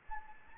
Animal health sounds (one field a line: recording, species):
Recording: mosquito wingbeat signal from an infrared sensor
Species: Anopheles gambiae